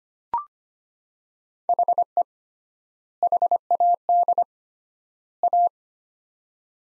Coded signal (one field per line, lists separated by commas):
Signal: Morse code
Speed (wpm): 25 wpm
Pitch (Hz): 700 Hz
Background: none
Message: HE HAD A